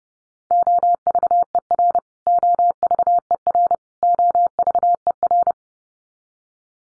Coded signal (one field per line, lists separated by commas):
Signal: Morse code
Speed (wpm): 30 wpm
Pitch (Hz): 700 Hz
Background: none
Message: OVER OVER OVER